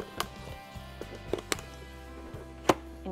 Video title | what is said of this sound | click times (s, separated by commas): New Arrivals in MotorClothes. | this easily snaps into place and you're | 0.2 s, 1.5 s, 2.7 s